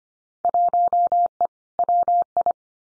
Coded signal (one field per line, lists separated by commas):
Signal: Morse code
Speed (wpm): 25 wpm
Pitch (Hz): 700 Hz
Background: none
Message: 1E WI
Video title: Field Day Exchange 25wpm